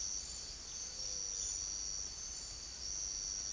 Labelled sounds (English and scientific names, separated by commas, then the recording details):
none
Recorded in secondary vegetation near Puerto Asís, Putumayo, Colombia, on 4 March 2025 at 07:30
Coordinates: 0.500, -76.326
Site GP04